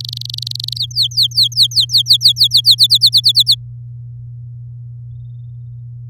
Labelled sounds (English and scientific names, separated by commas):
Domestic Canary (Serinus canaria) song